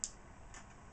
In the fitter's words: click it, hear it click, and it should sound like that.